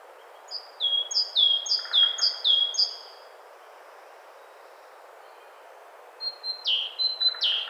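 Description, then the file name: Great tit singing quick falling two-note phrases, then after a pause switching to slower phrases of a long high whistle and a dropping note. "Parus major"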